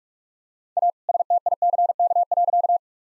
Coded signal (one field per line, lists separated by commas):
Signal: Morse code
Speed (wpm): 46 wpm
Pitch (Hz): 700 Hz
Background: none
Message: A STICK.